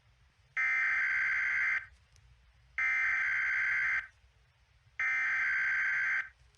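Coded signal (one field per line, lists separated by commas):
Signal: Emergency Alert System (SAME) tones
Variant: header bursts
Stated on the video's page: Mock Emergency Alert System alarm for Nunavut.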